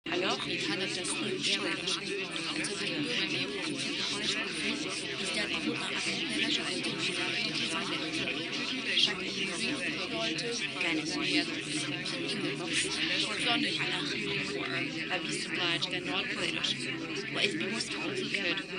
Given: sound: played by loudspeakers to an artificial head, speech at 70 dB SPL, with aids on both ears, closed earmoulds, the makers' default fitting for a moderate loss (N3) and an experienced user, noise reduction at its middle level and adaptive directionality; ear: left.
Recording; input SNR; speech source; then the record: speech test signal (ISTS) in cocktail-party noise; -6 dB; in front (0 degrees)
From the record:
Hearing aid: class 2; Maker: D